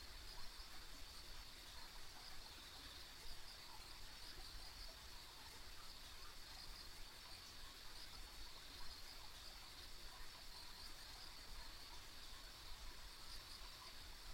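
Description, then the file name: Insects trilling together in an even, unchanging high drone, with a soft steady rumble underneath for the whole stretch. Ambient insect sounds recorded on a country road. "田舎道の虫の環境音"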